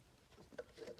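While fitting a new door/window frame, one part of a two-part frame fixing bracket is placed onto its mating part on the door frame and forced until it interlocks. A short snap is heard at 0.6 s over quiet low-level handling noise, with another brief knock near the end. The bracket seats and fits together.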